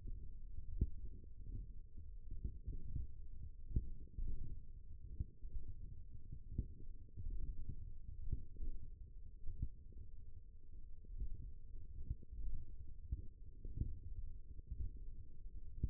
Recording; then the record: forearm muscle sounds (acoustic myography)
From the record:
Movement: finger pinch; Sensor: system 1, eight BSWA MPA416 microphones around the upper forearm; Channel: 3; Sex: female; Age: 20 years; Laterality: right